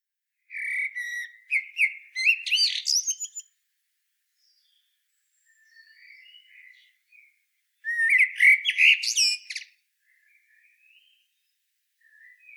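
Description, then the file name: Eurasian blackbird song in two loud phrases of warbled notes ending in high twitters, with soft, quiet notes in the gaps. "Turdus merula"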